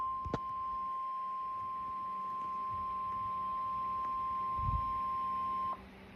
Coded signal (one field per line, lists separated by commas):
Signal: Emergency Alert System (SAME) tones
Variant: 1050 Hz attention tone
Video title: LOT Severe Thunderstorm Warning on #KXI41 (EAS #003)